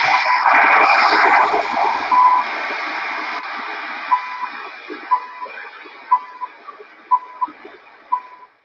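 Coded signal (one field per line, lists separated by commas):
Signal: radio time signal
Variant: CHU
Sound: hiss and static, then short 1 kHz ticks each second, about six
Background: radio static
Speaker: or Chu which is not very strong tonight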